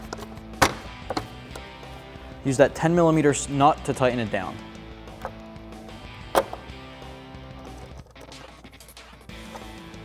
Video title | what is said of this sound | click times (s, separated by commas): 2018-2019 Mustang GT K&N Series 63 AirCharger Cold Air Intake Review & Install | superior, y encaje en su lugar. | 0.6 s, 1.1 s, 1.2 s